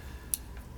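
In an MSI GS65 Stealth (8SG) laptop, the metal retention tabs of the SO-DIMM slot are pushed outward to the sides, and the SO-DIMM memory stick is released. It springs up to a 30-degree angle with a short, sharp snap at 0.3 s, followed by a faint, softer sound at about 0.6 s. No talking is heard.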